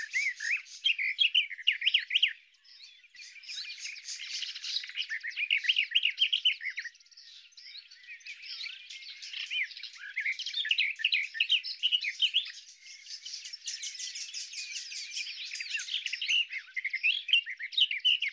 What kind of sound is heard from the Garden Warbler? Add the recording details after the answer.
song. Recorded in the wild. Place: Wasenweiler am Kaiserstuhl, Baden-Württemberg, DE. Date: 1997-05-19. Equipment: Dat-Recorder Casio DA 7, Telinga DAT, Telinga-Parabolspiegel. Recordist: Schwarz, Dieter. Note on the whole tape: Song